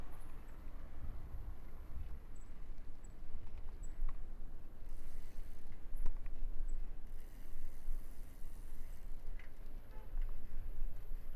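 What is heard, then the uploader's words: A night bike ride along busy town roads, with a steady low rumble of traffic and wind. Faint high chirps and short clicks come and go, and a brief louder clatter breaks through around six seconds, with a muffled bump near the start. Bike Ride Through Town. Unable to sleep in the summer heat, I took a midnight bike ride down Mianyang’s busiest roads.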